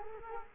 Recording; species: mosquito wingbeat signal from an infrared sensor; Culex quinquefasciatus